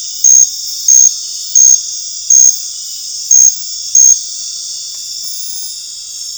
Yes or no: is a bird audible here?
no